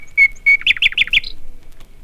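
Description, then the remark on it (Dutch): A nightingale, a small grey bird perched on a high branch of a tamarind tree, sings a short, bright phrase: two clear high whistled notes, then a quick run of four rising chirps ending in a brief trill, clear and unaccompanied. “Het is een heel eenvoudige vogel. Maar zingen dat hij kan.”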